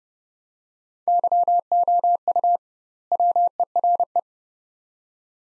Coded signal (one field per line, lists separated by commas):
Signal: Morse code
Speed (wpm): 30 wpm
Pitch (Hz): 700 Hz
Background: none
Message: YOU WERE